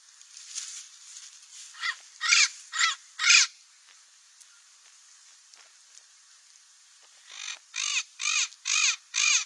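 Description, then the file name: Cape parrot uttering harsh screeching squawks in two bursts of several calls, separated by a quiet gap of several seconds. "canto do papagaio do cabo"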